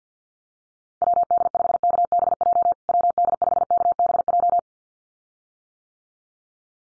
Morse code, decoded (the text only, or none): WD5KBJ WD5KBJ